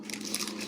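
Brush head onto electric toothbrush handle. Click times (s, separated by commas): 0.3 s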